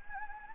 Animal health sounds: mosquito wingbeat signal from an infrared sensor; Anopheles gambiae

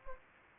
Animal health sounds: mosquito wingbeat signal from an infrared sensor; Anopheles gambiae

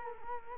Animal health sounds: mosquito wingbeat signal from an infrared sensor; Culex quinquefasciatus

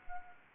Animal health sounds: mosquito wingbeat signal from an infrared sensor; Anopheles gambiae

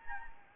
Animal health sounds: mosquito wingbeat signal from an infrared sensor; Anopheles gambiae

